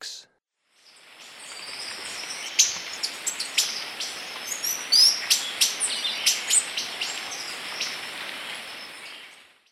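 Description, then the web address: White-winged tanager calls: sharp, high chirps repeated rapidly in an uneven series over a steady high insect hum and faint background hiss. Recorded in Ecuador, South America. "Natures Songs S America Birds of Ecuador White-winged Tanager"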